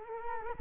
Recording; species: mosquito wingbeat signal from an infrared sensor; Culex quinquefasciatus